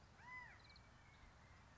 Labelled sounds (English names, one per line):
California Quail